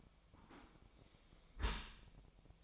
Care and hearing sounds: daily activity, microphone in the room; close dishwasher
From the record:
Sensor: 1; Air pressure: 1003.1 hPa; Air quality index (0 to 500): 195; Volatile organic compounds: 6 ppm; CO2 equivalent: 1867 ppm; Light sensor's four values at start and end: 18/43/18/21 and 18/43/18/21

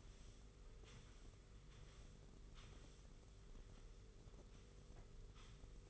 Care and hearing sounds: daily activity, microphone in the room; sweep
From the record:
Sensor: 4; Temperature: 27.3 degrees Celsius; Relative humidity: 40.1%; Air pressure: 991.3 hPa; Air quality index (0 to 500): 158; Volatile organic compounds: 127 ppm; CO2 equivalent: 3911 ppm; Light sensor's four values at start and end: 24/78/29/30 and 24/78/29/30

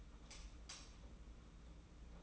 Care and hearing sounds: daily activity, microphone in the room; light off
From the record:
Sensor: 1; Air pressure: 991.9 hPa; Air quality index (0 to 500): 211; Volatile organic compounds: 1000 ppm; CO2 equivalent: 8174 ppm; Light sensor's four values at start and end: 20/62/25/25 and 12/32/13/13

